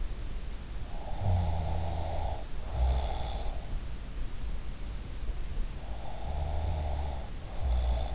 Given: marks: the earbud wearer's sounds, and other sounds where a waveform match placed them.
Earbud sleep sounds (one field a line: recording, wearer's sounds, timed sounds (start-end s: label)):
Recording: sounds in sleep by an in-ear microphone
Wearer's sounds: snoring breath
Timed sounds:
0.84-3.55 s: snoring breath
5.87-8.15 s: snoring breath